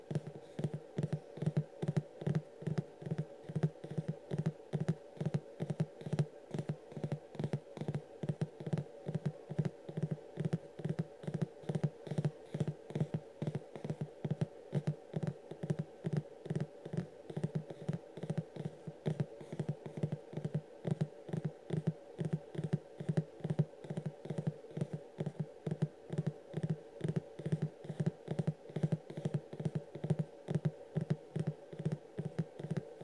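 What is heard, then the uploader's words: Fast, steady fingertip tapping repeats evenly for the whole clip, mid-low in tone, with light clicks like typing. Tapping ASMR sounds.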